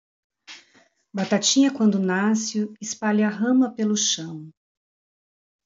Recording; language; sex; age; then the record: short text; Brazilian Portuguese; female; 50 to 59 years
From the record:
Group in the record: control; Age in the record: 54 years